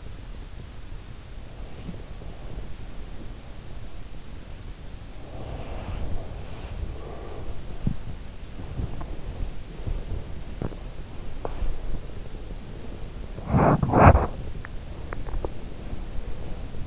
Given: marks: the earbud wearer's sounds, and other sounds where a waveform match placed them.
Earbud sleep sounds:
sounds in sleep by an in-ear microphone; breath, body movement, teeth grinding
1.40-3.50 s: breath
5.26-16.87 s: body movement
14.56-15.81 s: teeth grinding

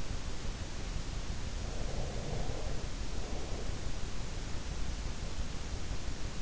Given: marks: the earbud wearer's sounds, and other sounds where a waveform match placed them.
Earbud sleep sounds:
sounds in sleep by an in-ear microphone; breath
1.46-4.30 s: breath

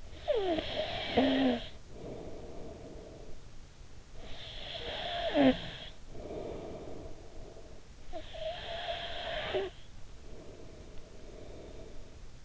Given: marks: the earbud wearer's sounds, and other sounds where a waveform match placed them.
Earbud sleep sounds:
sounds in sleep by an in-ear microphone; snoring breath
0.00-3.77 s: snoring breath
3.95-12.45 s: snoring breath

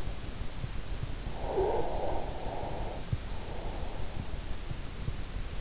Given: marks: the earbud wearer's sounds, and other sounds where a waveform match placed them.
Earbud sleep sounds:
sounds in sleep by an in-ear microphone; snoring breath
1.31-4.00 s: snoring breath

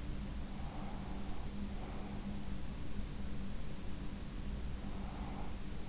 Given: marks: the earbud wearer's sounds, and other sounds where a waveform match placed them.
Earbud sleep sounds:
sounds in sleep by an in-ear microphone; breath
0.42-2.50 s: breath
4.70-5.70 s: breath

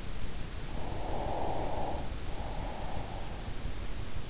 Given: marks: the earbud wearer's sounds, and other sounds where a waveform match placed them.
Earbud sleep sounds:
sounds in sleep by an in-ear microphone; breath
0.74-3.68 s: breath

